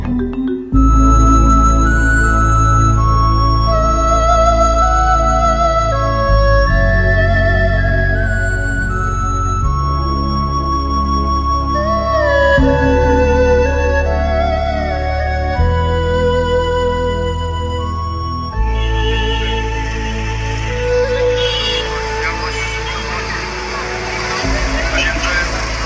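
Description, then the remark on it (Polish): Loud, dense street traffic in Kathmandu with horns honking almost continuously, overlapping tones rising and falling over a steady rumble of engines and thousands of motorcycles mixing with cars and many pedestrians on narrow streets, with a brief hiss of noise near the end. “Ten ruch Katmandu jest niesamowicie intensywny, to jest myślę dobre słowo. Tam każdy trąbi, motocykle, których tu są tysiące, mieszają się z samochodami, a to wszystko z osobami pieszymi, których też jest bardzo dużo”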